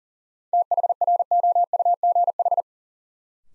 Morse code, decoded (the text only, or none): THROUGH